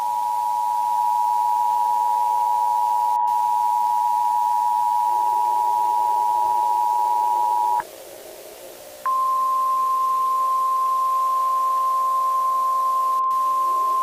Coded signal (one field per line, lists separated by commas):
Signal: Emergency Alert System (SAME) tones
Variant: 853 and 960 Hz attention tone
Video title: EAS Scenario - The Unknown REMASTERED